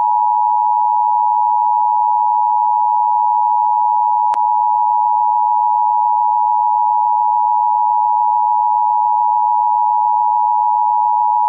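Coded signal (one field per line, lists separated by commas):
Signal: Emergency Alert System (SAME) tones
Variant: 853 and 960 Hz attention tone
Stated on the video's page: Simulated EAS scenario.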